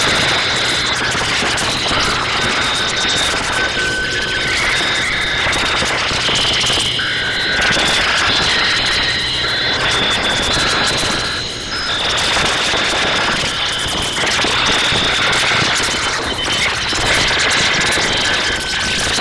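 Crickets chirp in a dense, overlapping chorus, with several bright, steady insect tones layered high and shifting in and out every few seconds. A constant hiss sits underneath, with a faint low hum and a slight dip in loudness around twelve seconds.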